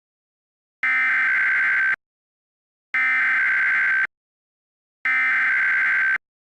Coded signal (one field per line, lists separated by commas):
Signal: Emergency Alert System (SAME) tones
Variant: header bursts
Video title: EAS re-creation: A Brewing Storm